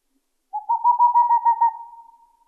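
Boreal owl delivering one rapid run of soft, even hoots that builds in volume and then tails off.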